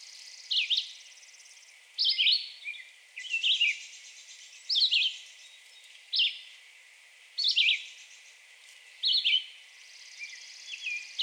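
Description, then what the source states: Red-eyed Vireo song of terse, slurred whistled phrases repeated roughly one every second and a half, with a faint hiss behind. Recorded 2020-06-02.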